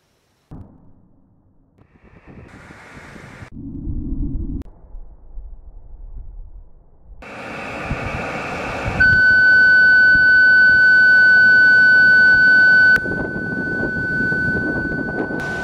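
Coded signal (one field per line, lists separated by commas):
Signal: JT65, JT9 or WSPR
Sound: a steady, pure-sounding tone near 1.5 kHz holding unchanged, slightly buzzy from harmonics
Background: room rumble and handling noise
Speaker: you press start be patient it won't start straightaway it's got a right until when the next block starts [Music] I'm transmitting whisper phone speaker to transfer to microphone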